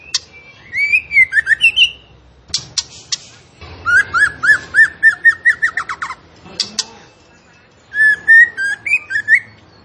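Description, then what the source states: Zebra finch song of fast repeated whistled notes in long runs, broken by sharp clicks and a brief low squawk. Vigorously singing (gacor) bird from a masteran recording used to train kept songbirds.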